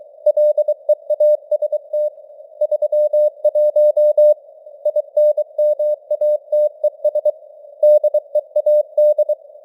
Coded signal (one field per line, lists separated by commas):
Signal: Morse code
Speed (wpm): 23 wpm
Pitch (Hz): 600 Hz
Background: none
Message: LEAST 31 INMATES DEAD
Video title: Morse Code News | 2025-11-10 | 23wpm